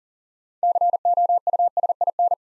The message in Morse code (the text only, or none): COUSIN